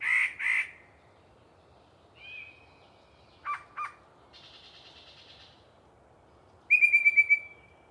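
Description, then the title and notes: Yellow-breasted chat song: two harsh paired notes, a short whistle, two low clucks, a buzzy rattle, then a fast stuttering series of high notes, with pauses between phrases. Long pre-dawn singing by one very vocal bird in deciduous cover. "A Very Chatty Yellow-breasted Chat. A particularly chatty Yellow-breasted Chat provides us a long pre-Dawn soliloquy while hanging out in some deciduous coverage"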